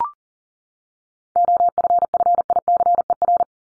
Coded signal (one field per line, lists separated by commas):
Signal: Morse code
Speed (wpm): 40 wpm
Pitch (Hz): 700 Hz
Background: none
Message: OFFICER